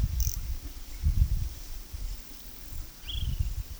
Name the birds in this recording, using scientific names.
none